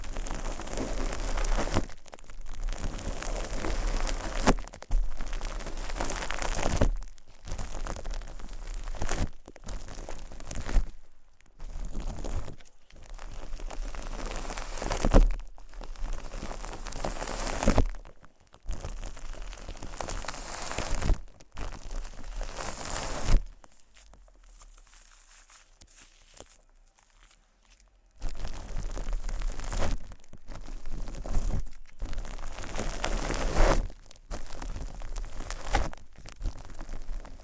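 Shaving cream and plastic wrap are handled in dense, crackling bursts of crinkling and squishing that start and stop every second or so. The sound is bright and rustly, with brief pauses, and a near-silent gap around 24 to 28 seconds before the crinkling resumes.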